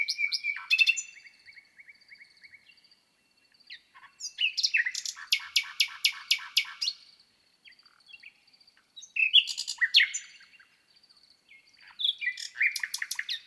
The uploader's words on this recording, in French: Chant de Rossignol philomèle (Luscinia megarhynchos). C'est à mille mètres d'altitude sur le plateau de Lesches en diois dans la Drôme, que j'ai pu installer mes microphones au pied d'un buisson dans la nuit le six mai. J'assiste à un merveilleux lever du jour car je suis arrivé bien avant l'aube.